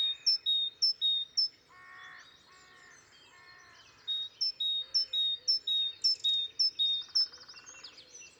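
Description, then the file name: Great tit gives rhythmic high-low paired notes, breaks while another bird warbles lower, then resumes a long steady run of the same ringing two-note phrase. "Parus major"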